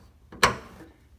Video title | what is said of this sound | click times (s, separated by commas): How to INSTALL REAR HOOD SHOCKS on a 1998 Porsche Boxster (Project 79) | They just snap right into place. | 0.4 s